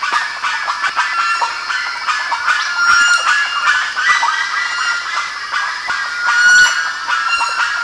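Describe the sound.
Bird calls in a dense chorus, overlapping harsh notes and thin squeals, rising and falling in loudness without pause.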